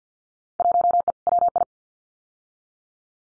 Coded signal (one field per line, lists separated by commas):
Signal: Morse code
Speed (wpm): 50 wpm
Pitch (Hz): 700 Hz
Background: none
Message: 1E WI